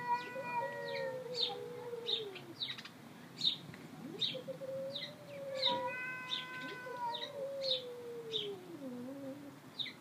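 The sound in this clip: Cat meowing: a few long, bending cries, each sliding up and then down, among sharp, repeated chirps of small birds.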